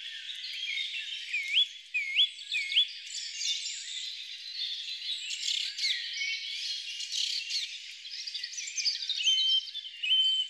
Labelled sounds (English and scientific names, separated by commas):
Song Thrush (Turdus philomelos) song